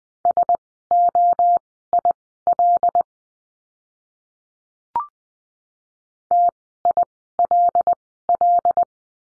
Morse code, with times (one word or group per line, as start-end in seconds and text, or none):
0.3-3.0 SOIL
6.3-8.8 TILL